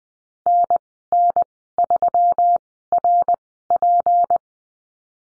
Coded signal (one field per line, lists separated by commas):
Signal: Morse code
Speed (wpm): 19 wpm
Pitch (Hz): 700 Hz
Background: none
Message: NN3RP